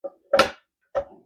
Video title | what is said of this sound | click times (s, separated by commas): Clean Your Dishwasher | and press it through, and it snaps right into place. | 0.3 s, 0.4 s